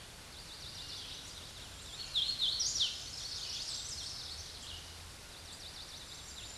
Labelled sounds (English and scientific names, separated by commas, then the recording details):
Hooded Warbler (Setophaga citrina) song
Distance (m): 20 m
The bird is about 15 m above the microphone
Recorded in a Pennsylvania forest on 16 May 2024 at 08:07
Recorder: AudioMoth, point MSD-2258
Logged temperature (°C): 15.2 °C
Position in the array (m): 172 m, 85 m